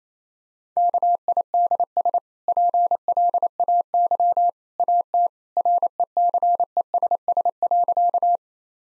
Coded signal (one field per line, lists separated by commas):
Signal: Morse code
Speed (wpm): 28 wpm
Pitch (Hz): 700 Hz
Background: none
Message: KIDS PLAY AT RECESS.